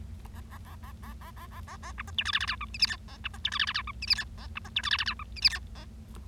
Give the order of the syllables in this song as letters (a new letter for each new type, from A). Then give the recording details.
A A A A A A A A A A B C D E F F G H I J K A B C D E F F G H I J K A B C D E F F G H I J K A. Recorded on 25 March 2012 at 10:33. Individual gy6or6